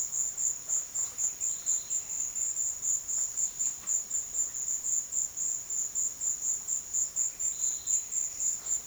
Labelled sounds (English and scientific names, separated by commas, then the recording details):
none
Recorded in pastures near Puerto Asís, Putumayo, Colombia, on 22 June 2025 at 13:30
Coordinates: 0.502, -76.324
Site G010